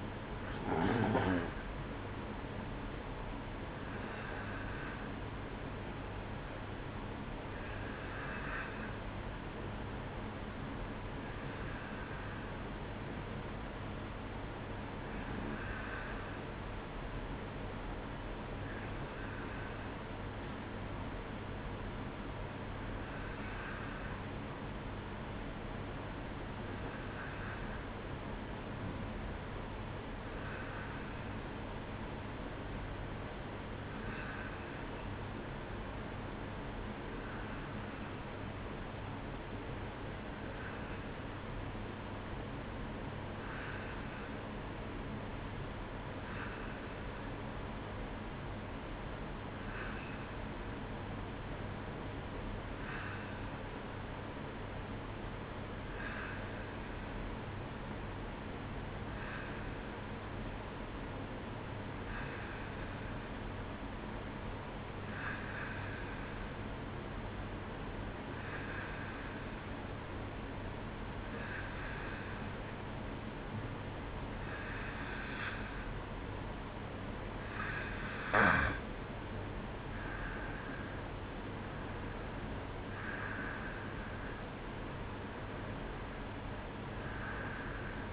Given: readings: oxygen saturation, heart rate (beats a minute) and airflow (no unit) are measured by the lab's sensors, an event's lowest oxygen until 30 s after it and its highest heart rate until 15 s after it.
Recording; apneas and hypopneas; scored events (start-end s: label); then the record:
breathing in sleep by a voice recorder at the bedside; 1
20.00-78.10 s: hypopnea (N1, oxygen 94% highest, then 90% lowest, heart rate 57 at the start, 64 highest)
21.00-81.00 s: new sleep stage, N2 (light sleep)
81.00-88.13 s: new sleep stage, N1 (lightest sleep)
From the record:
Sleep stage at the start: N1 (lightest sleep); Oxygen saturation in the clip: 90 to 94%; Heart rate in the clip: 57 to 64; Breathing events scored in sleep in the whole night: 305 in 9.6 hours asleep